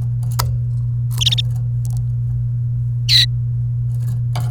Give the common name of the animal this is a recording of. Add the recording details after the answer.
Domestic Canary. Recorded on 29 April 2018 at 12:11. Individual llb3